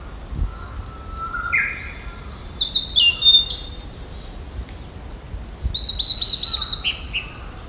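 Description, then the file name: Blue-and-white flycatcher song of high whistled and slurred notes in two short bursts separated by quiet, with a lower fluting note before the first phrase. "ooruri"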